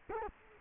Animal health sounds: mosquito wingbeat signal from an infrared sensor; Culex quinquefasciatus

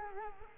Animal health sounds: mosquito wingbeat signal from an infrared sensor; Culex quinquefasciatus

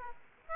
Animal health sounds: mosquito wingbeat signal from an infrared sensor; Aedes aegypti

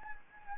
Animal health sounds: mosquito wingbeat signal from an infrared sensor; Anopheles gambiae

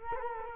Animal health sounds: mosquito wingbeat signal from an infrared sensor; Culex quinquefasciatus

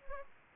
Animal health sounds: mosquito wingbeat signal from an infrared sensor; Anopheles gambiae

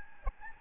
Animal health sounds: mosquito wingbeat signal from an infrared sensor; Aedes albopictus

